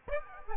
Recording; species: mosquito wingbeat signal from an infrared sensor; Aedes aegypti